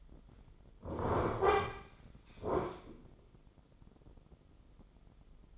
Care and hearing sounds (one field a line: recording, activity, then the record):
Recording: daily activity, microphone in the room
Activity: sit down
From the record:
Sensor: 5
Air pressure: 996.1 hPa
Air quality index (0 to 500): 243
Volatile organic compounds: 450 ppm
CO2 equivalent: 4749 ppm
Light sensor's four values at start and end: 154/369/155/169 and 154/369/155/169